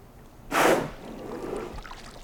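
Killer whale blow: a single loud, breathy whoosh of exhaled air.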